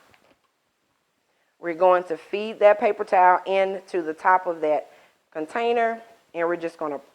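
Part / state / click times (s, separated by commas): plastic lid onto wipes container / not seated / none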